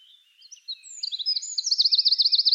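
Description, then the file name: Eurasian wren giving a brief, high, rapid trill of evenly repeated sharp notes after several thin introductory notes. "Troglodytes troglodytes"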